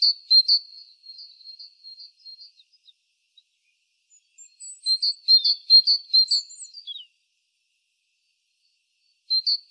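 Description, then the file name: High, thin great tit calls: a quick burst of notes, a quiet gap, then a rapid chattering series with some downslurred notes, and a final brief burst. "Parus major"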